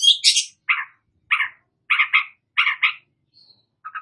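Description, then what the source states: Long-tailed shrike calls: harsh, nasal notes, some doubled, repeated at short intervals after a high opening burst. Called cendet; described as gacor, singing actively.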